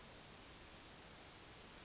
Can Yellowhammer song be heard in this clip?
no